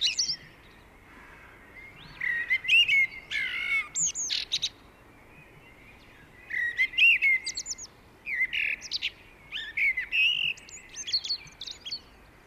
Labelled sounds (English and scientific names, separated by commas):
Common Blackbird (Turdus merula) song